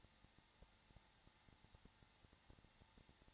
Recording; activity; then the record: daily activity, microphone in the room; no activity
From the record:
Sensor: 3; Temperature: 21.3 degrees Celsius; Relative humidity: 33.3%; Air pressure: 994.5 hPa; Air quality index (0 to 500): 168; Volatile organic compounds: 3 ppm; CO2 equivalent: 1462 ppm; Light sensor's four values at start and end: 2/3/2/2 and 2/3/2/2